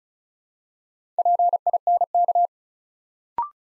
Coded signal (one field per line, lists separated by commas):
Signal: Morse code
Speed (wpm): 36 wpm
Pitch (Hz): 700 Hz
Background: none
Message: PINK